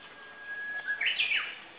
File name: Japanese nightingale